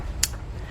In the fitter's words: push them into the click